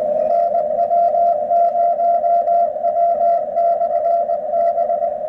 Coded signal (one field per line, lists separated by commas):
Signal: Morse code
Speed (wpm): 20 wpm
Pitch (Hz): 680 Hz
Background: radio noise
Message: NW0W/B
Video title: Si5351a Etherkit up conversion to 432 MHz